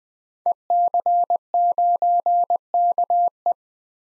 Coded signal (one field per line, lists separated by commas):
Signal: Morse code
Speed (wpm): 20 wpm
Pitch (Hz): 700 Hz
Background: none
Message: EC9KE